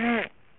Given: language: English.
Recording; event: throat vibration sensor signal played as sound; throat clearing